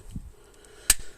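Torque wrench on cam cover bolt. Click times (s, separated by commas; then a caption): 0.9 s. A small bicycle torque wrench tightens a cam cover bolt on a V6 Mazda Bongo engine. After a few quiet, low scraping sounds, the wrench gives one sharp, positive click at 0.9 s when it reaches its low setting, confirming the bolt is torqued.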